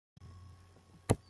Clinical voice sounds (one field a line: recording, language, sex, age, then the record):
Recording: short text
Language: Brazilian Portuguese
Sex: male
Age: 20 to 29 years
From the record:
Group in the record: control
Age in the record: 27 years